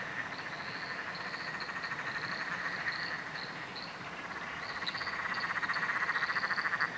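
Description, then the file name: Chorusing frogs give steady rapid pulsed calls that build in the final seconds, with repeated short high-pitched chirps over the top. Frog chorus recorded at night under a bridge in Royal National Park. "nocturnal frog chorus under a bridge royal national park"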